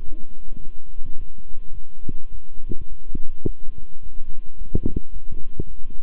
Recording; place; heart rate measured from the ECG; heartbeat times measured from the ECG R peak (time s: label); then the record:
heart sounds by stethoscope; between the tricuspid and mitral areas; 107 bpm
0.04 s: heartbeat
0.60 s: heartbeat
1.16 s: heartbeat
1.73 s: heartbeat
2.30 s: heartbeat
2.88 s: heartbeat
3.45 s: heartbeat
4.01 s: heartbeat
4.57 s: heartbeat
5.12 s: heartbeat
5.66 s: heartbeat
From the record:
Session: walking at 3.7 km/h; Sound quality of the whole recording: good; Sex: male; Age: 26 years